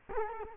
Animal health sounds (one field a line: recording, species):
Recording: mosquito wingbeat signal from an infrared sensor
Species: Culex quinquefasciatus